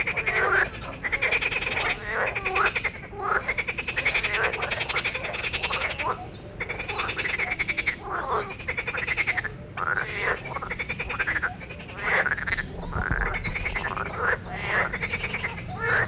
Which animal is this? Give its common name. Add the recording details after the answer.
Marsh Frog. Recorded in the wild. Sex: male. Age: adult. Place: Wernsdorfer See, Brandenburg, DE. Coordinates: 52.3775, 13.7033. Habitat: lake. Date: 1967-05-29. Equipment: Uher 4000 Report L. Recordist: Günther, Rainer. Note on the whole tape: Seefroschkonzert - gute Aufnahme. Artbestimmung einwandfrei